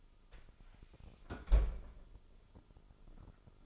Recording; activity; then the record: daily activity, microphone in the room; close fridge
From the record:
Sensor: 5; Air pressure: 988.5 hPa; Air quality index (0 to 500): 218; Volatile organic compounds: 122 ppm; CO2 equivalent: 3885 ppm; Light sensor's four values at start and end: 43/130/51/55 and 43/131/51/54